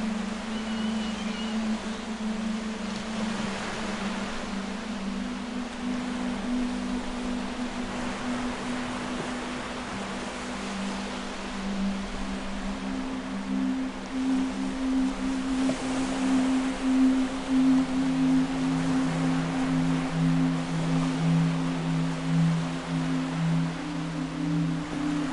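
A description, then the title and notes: Ocean waves wash steadily under slow, sustained low tones that hold and shift like a soft drone, with a deeper note joining in the second half. Loudness stays even throughout, rising slightly midway, with no sharp events. Relaxing music and ocean waves. The sounds of the sea.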